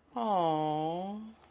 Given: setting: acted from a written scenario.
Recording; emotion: vocal sound without words; adoration